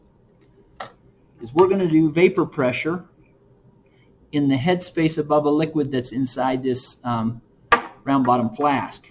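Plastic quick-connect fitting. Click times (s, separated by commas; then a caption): 0.8 s. A pressure sensor's quick-connect fitting on a Pasco GLX datalogger setup is unclicked and released from its sensor port to show the setup, giving a short sharp click at 0.8 s. Someone talks before and after the click.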